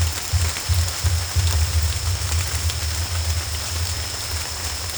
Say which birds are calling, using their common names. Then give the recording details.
none. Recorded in pastures near Puerto Asís, Putumayo, Colombia, on 22 December 2024 at 18:00. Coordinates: 0.496, -76.326. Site G004